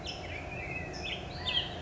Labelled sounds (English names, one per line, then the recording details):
California Towhee
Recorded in Sonoma County, California